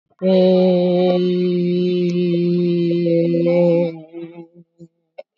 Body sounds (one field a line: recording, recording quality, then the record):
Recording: sustained vowel as in made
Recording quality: excellent, no background noise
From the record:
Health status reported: COVID-19 positive, moderate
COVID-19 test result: positive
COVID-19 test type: RT-PCR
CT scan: taken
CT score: 5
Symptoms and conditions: cough, cold, breathing difficulty, fever, fatigue, muscle pain, loss of smell and taste, diarrhoea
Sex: female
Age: 65 years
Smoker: no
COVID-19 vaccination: one dose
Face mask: worn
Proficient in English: yes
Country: India